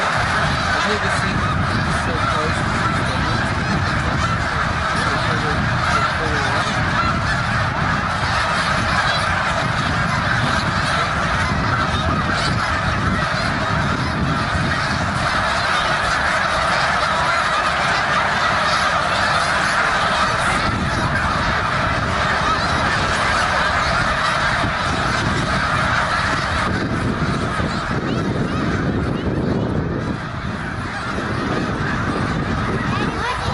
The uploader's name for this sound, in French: Oies blanches au réservoir Beaudet, Victoriaville